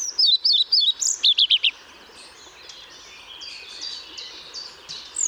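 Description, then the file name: European pied flycatcher song: one quick phrase of high, sweet, see-sawing notes ending in a rapid burst, followed by faint bird chatter. Recorded at Pähl on 1 May 2014. "Trauerschnaepper 01 05 2014 Paehl WM Michle Pron"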